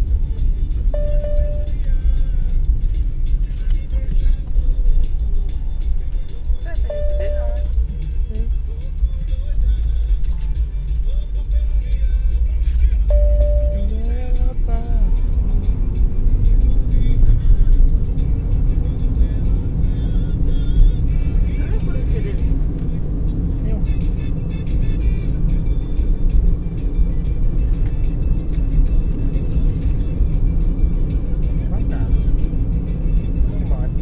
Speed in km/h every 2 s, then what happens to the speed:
26, 24, 22, 14, 14, 18, 20, 30, 42, 49, 55, 58, 58, 59, 60, 60, 60.
0-8 slows to 14. 8-21 speeds up to 58. 21-34 steady at about 59.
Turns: none.